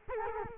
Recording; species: mosquito wingbeat signal from an infrared sensor; Culex quinquefasciatus